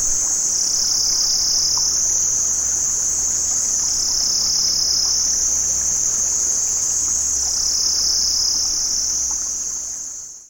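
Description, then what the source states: Cicadas keep up an unbroken shrill drone that dips and rises in pitch in slow waves, fading out at the end. Cicadas recorded in Vietnam.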